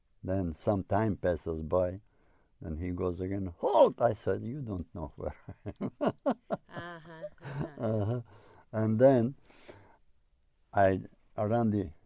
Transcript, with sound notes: Then some time passes by and he goes again HALT! I said, you don't know where I am... (He laughs)
Uh, huh.
Uh, huh. And then I ran the,